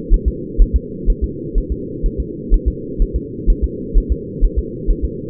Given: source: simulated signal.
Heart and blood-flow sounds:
fetal heart sounds
0.14 s: S1
0.28 s: S2
0.62 s: S1
0.76 s: S2
1.10 s: S1
1.24 s: S2
1.58 s: S1
1.72 s: S2
2.06 s: S1
2.20 s: S2
2.54 s: S1
2.68 s: S2
3.02 s: S1
3.16 s: S2
3.50 s: S1
3.64 s: S2
3.98 s: S1
4.12 s: S2
4.44 s: S1
4.59 s: S2
4.90 s: S1
5.05 s: S2
From the record:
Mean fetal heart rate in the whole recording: 130 bpm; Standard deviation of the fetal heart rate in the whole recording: 4 bpm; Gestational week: 38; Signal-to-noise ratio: -4.1 dB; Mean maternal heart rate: no maternal heart sound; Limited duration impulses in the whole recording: absent

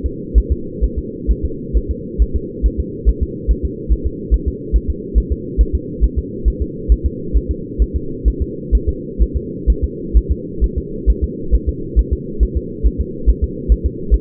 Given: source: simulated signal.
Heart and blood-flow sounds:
fetal heart sounds
0.06 s: S2
0.38 s: S1
0.52 s: S2
0.84 s: S1
0.98 s: S2
1.31 s: S1
1.45 s: S2
1.77 s: S1
1.91 s: S2
2.22 s: S1
2.36 s: S2
2.66 s: S1
2.80 s: S2
3.09 s: S1
3.23 s: S2
3.51 s: S1
3.65 s: S2
3.92 s: S1
4.07 s: S2
4.34 s: S1
4.48 s: S2
4.76 s: S1
4.90 s: S2
5.18 s: S1
5.32 s: S2
5.61 s: S1
5.75 s: S2
6.04 s: S1
6.19 s: S2
6.48 s: S1
6.62 s: S2
6.92 s: S1
7.06 s: S2
7.37 s: S1
7.51 s: S2
7.82 s: S1
7.96 s: S2
8.28 s: S1
8.42 s: S2
8.75 s: S1
8.89 s: S2
9.22 s: S1
9.37 s: S2
9.70 s: S1
9.84 s: S2
10.17 s: S1
10.31 s: S2
10.64 s: S1
10.78 s: S2
11.10 s: S1
11.24 s: S2
11.55 s: S1
11.69 s: S2
11.99 s: S1
12.13 s: S2
12.43 s: S1
12.57 s: S2
12.86 s: S1
13.01 s: S2
13.29 s: S1
13.44 s: S2
13.72 s: S1
13.86 s: S2
14.14 s: S1
From the record:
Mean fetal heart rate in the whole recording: 135 bpm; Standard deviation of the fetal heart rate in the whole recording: 3 bpm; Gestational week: 34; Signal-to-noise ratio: -4.3 dB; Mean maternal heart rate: 72 bpm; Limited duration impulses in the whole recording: absent

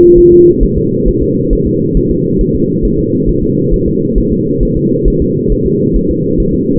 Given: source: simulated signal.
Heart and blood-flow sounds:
fetal heart sounds
0.18 s: S1
0.32 s: S2
0.63 s: S1
0.78 s: S2
1.08 s: S1
1.23 s: S2
1.53 s: S1
1.67 s: S2
1.97 s: S1
2.11 s: S2
2.41 s: S1
2.55 s: S2
2.85 s: S1
2.99 s: S2
3.29 s: S1
3.44 s: S2
3.74 s: S1
3.88 s: S2
4.18 s: S1
4.32 s: S2
4.63 s: S1
4.77 s: S2
5.08 s: S1
5.22 s: S2
5.52 s: S1
5.67 s: S2
5.96 s: S1
6.11 s: S2
6.40 s: S1
6.54 s: S2
From the record:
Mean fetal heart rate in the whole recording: 135 bpm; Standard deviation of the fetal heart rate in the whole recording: 3 bpm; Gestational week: 36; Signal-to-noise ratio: -11.2 dB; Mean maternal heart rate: 72 bpm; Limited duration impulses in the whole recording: present

